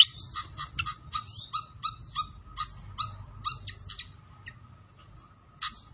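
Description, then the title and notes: Pied fantail calls, short high chips given in an even series, with a soft low rumble behind. Masteran training recording of clear song, mixed with the sound of trickling water. "Masteran Sikatan Kipas Suara Jernih Dan Suara Gemericik Air. Suara Burung Sikatan Londo"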